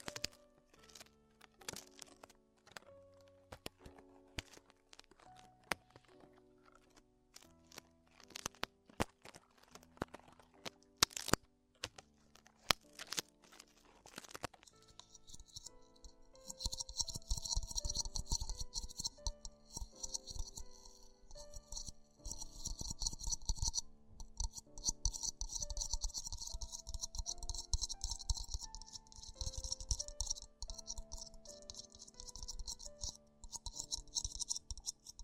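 Ear exploration sounds: for the first fifteen seconds, scattered clicks, taps and sharp crackles with quiet gaps between them. Then a dense, steady scratching and crinkling takes over, bright and hissy, with soft low thumps running underneath until the end.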